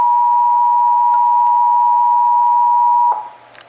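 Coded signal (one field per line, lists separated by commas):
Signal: Emergency Alert System (SAME) tones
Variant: 853 and 960 Hz attention tone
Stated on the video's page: Texas required monthly test, heard on several Dallas–Fort Worth radio and TV stations.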